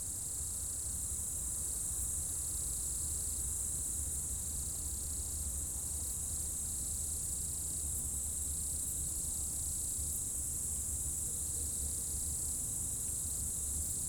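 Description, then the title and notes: Insects in a dense, steady high-pitched shrilling chorus, with a second layer of short buzzy pulses in stop-start bursts, over a low continuous rumble. Insects in roadside bank and trees at dusk, first hairpin bend of Col du Chat road, Bourdeau, France; Tascam DAP1 DAT recorder, from a CD-R burned in 2006. "Dans la première épingle de la route du col du Chat à Bourdeau, insectes dans le talus et les arbres au crépuscule, avion, quelques véhicules. Enregistreur Tascam DAP1 DAT, extrait d'un CDR gravé en 2006."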